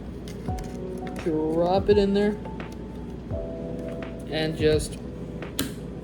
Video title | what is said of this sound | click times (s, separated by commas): I built my first streaming PC!!!! | first click, | 5.6 s